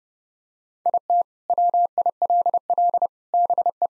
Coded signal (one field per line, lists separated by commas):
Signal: Morse code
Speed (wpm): 30 wpm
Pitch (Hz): 700 Hz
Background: none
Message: IT WILL BE